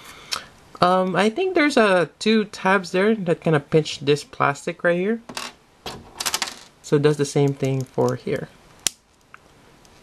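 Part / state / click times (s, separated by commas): plastic figure part into the figure's tab mount / seated / 8.9 s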